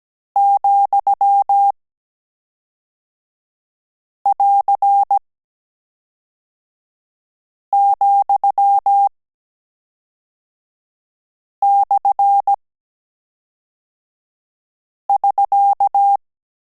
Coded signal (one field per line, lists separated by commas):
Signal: Morse code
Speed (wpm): 17 wpm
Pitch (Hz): 800 Hz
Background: none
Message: ,<AR>,/<SK>